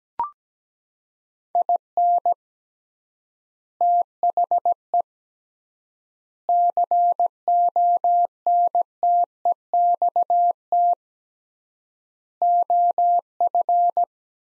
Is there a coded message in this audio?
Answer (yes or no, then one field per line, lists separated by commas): yes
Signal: Morse code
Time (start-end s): 1.6-14.0 s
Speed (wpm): 17 wpm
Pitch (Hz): 700 Hz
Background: none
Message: IN THE CONTEXT OF